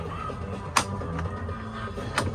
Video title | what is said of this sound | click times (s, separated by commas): Virtual Walkthrough of the Used 2014 Lance 1050S truck camper at Parkland RV Center | And then we'll just lock into place there. There we go. | 2.2 s